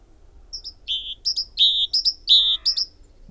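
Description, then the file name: Great tit phrases: paired short high notes alternating with longer lower notes, repeated rapidly several times, one phrase carrying a deeper buzzy undertone. "Parus major"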